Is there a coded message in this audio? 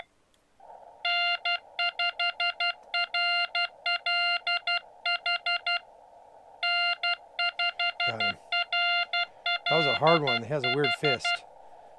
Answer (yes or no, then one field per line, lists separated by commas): yes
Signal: Morse code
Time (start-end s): 1.1-11.4 s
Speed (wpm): 12 wpm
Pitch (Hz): 2800 Hz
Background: speech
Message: N5RLH N5RLH